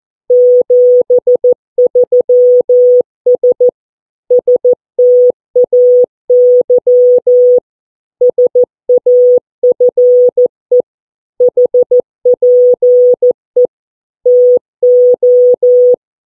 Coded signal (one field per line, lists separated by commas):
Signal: Morse code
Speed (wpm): 14 wpm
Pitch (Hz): 490 Hz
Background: none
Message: 73S STAY SAFE HPE TO